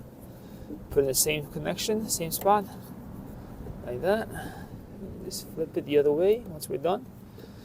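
A wiring harness plug is handled at the socket of a new third brake light housing while someone talks over a low steady background hum. Nothing has seated or clicked yet.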